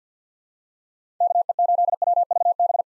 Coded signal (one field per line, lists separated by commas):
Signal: Morse code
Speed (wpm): 50 wpm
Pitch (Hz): 700 Hz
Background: none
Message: KE8WVB